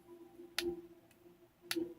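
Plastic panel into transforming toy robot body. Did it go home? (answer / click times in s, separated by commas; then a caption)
yes / 0.6 s, 1.7 s. A plastic body panel of a Transformers Studio Series 10 Autobot Jazz toy robot is pushed into its slot during transformation. Two sharp, bright plastic snaps are heard at 0.6 s and 1.7 s, with a faint tick near 1.1 s over a low steady hum. The panel snaps in and is seated.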